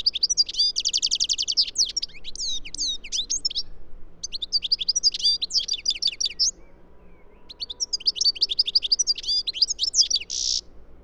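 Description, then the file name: European goldfinch song: bursts of rapid, tinkling high twitters with buzzy trilled notes, three phrases separated by short pauses, over a soft low background hum. "Carduelis carduelis"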